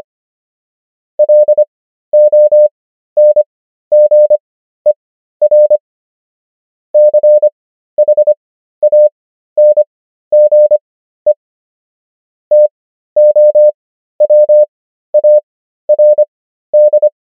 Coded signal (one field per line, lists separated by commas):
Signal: Morse code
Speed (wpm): 25 wpm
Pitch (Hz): 600 Hz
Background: none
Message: LONGER CHANGE TOWARD